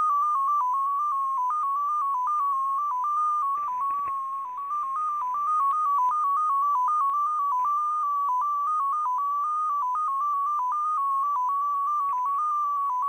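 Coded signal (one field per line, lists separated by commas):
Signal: numbers station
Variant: XPA2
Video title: [XPA2] Scheduled transmission + perfect copy; 21. June 2020, 21:20 UTC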